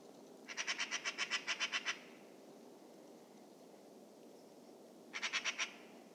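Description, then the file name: Eurasian magpie giving a long harsh rattle of around eleven rapid grating notes, then after a few seconds' pause a shorter burst of about five, with faint background noise. "Pica pica"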